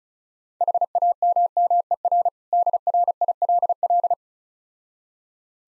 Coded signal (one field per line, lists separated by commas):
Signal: Morse code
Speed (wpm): 36 wpm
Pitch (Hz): 700 Hz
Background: none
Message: HAMMER DRILL